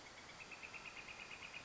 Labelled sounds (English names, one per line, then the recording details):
Northern Flicker
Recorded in Sonoma County, California